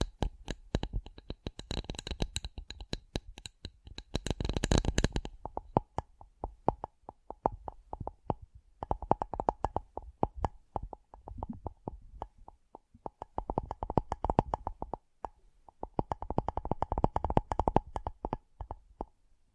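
Rapid tapping sounds come in dense bursts, with quick clicks and knocks that shift in pace and brightness. The first five seconds are busiest and sharpest, then the tapping turns lighter and more rhythmic, with short pauses near 8, 12.5 and 15 seconds.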